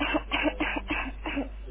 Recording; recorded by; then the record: voluntary cough; telephone call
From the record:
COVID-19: positive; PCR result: checked with the laboratory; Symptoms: no